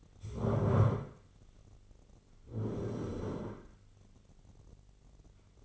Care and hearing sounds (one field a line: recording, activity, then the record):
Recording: daily activity, microphone in the room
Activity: stand up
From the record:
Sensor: 4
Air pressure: 1010.1 hPa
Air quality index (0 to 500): 188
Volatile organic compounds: 3 ppm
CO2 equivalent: 1350 ppm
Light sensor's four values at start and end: 43/105/44/47 and 42/104/44/47